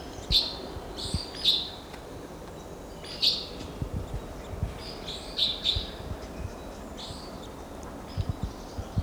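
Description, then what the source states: Red crossbill giving short sharp kip notes, spaced irregularly, a few in pairs, over low background noise. Wild type 2 crossbills calling, said to be two, then four to five, together at the top of a lodgepole pine.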